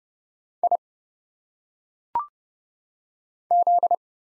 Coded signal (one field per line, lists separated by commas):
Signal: Morse code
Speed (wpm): 30 wpm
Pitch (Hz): 700 Hz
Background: none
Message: I Z